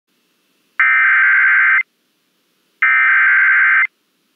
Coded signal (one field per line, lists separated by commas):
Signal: Emergency Alert System (SAME) tones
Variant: header bursts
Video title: EAS Severe Thunderstorm Warning Iowa/Illinois/Missouri NOAA Weather Radio +WeatherSTAR4000